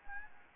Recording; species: mosquito wingbeat signal from an infrared sensor; Anopheles gambiae